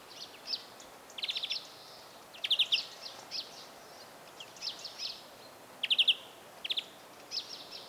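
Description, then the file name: European greenfinch calls, short buzzy chattering bursts of quick notes repeated at irregular intervals. "Chloris chloris"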